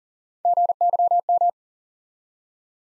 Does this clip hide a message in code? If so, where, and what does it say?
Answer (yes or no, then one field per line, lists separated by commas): yes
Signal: Morse code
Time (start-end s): 0.5-1.5 s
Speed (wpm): 42 wpm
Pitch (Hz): 700 Hz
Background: none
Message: GYM